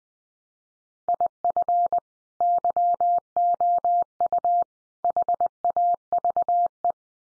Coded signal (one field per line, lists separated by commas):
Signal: Morse code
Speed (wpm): 20 wpm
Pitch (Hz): 700 Hz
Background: none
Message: IF YOU HAVE